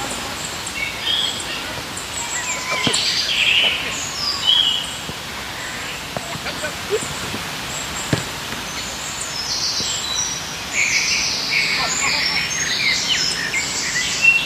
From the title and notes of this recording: IN THE PARK. We took a walk in our favorite park and figured, that this would be the perfect soundscape! Surrounded by trees, sitting down in the shade and simply letting time pass by.